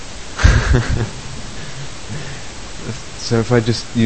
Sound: laughs

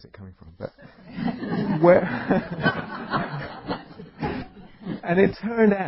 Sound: laughter

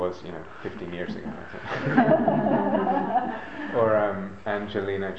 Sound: laughter

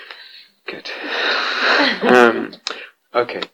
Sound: laughter

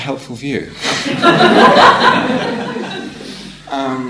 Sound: laughter

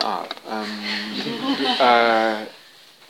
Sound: laughter

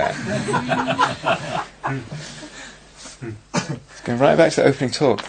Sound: laughter

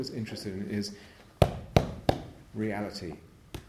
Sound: pounds on something

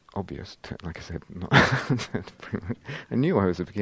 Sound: laughs

